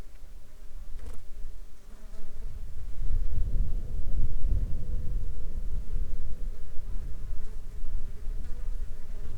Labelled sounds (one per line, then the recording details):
insects
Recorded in the Arctic National Wildlife Refuge, Alaska, on 19 July 2021 at 14:13
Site 33